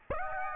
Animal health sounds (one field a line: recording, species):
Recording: mosquito wingbeat signal from an infrared sensor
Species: Aedes aegypti